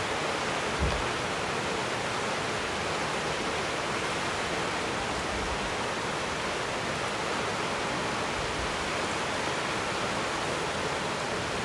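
Rain pours down in a steady, dense hiss that stays at the same level throughout, filling everything from low rumble to bright crackle. A small thump stands out just before the one-second mark, with faint low bumps around five and nine seconds.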